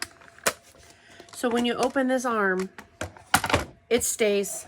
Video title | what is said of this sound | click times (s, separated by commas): #cm 12in Trimmer - Win it!! [12-24] | Oh, this way. It pops into place. | 0.0 s